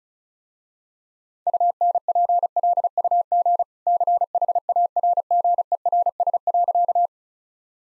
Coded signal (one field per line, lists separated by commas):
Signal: Morse code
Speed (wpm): 34 wpm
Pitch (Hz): 700 Hz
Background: none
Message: UNPLUG CHARGERS.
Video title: Easy Sentences with Hints - 35wpm